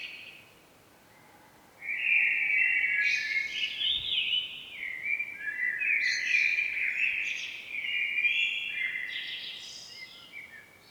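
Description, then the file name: Common blackbird, fluty song phrases beginning after a quiet start, rising and falling warbles topped with high scratchy twitter notes. "Turdus merula"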